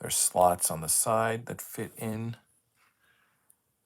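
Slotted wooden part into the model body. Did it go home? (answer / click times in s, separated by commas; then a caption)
partly / 3.5 s. Someone talks while fitting the side slots of a slotted wooden part into the body of a ROKR Scout Beetle model. After the talking stops, one short click is heard at 3.5 s. Only one side of the part has clicked in.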